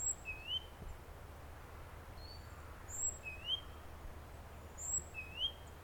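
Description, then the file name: Great tit calls: upslurred notes mixed with sharp very high whistles, given irregularly about every two seconds, over a soft low-pitched background hum. "Parus major"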